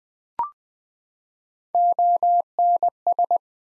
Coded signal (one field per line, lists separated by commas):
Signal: Morse code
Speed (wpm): 20 wpm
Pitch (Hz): 700 Hz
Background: none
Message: ONS